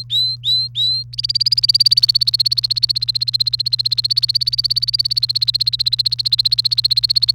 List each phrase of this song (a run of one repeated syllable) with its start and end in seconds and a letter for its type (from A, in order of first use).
0.00-1.03 A, 1.13-7.34 B